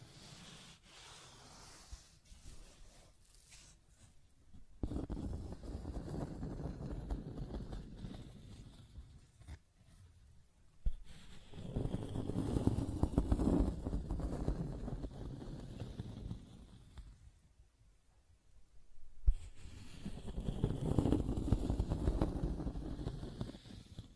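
Scratching and tracing sounds come in rough, grainy passes, soft and sparse for the first few seconds, then heavier strokes from about 5 to 10 seconds, 11 to 17 seconds, and 19 seconds to the end. The scraping is low and dense, with brief pauses between passes.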